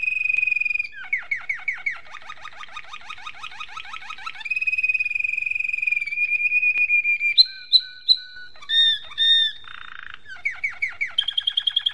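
Domestic canary song: sustained high trill, fast rolling chirp series, louder separate notes and a buzzy burst, then quick repeated chirps rising in pitch.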